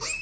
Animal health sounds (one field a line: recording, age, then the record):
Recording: pig call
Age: weaner (32 to 43 days)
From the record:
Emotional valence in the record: negative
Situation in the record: short isolation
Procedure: open field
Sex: female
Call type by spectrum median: high-frequency call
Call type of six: high-frequency stable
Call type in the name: high-frequency stable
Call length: 0.22 s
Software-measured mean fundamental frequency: 512 Hz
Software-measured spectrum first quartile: 2740 Hz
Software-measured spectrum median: 5632 Hz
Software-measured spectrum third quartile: 7760 Hz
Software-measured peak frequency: 7510 Hz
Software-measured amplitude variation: 79 dB a second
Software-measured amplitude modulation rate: 20.3 a second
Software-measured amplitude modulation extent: 3.9 dB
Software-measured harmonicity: 8.7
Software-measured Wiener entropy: -2.51